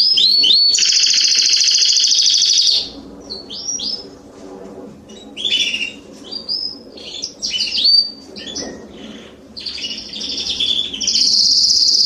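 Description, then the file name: Canary song opening with a loud sustained trill, then broken bursts of varied chirps and short tours, closing with another high trill. "Canary Voice"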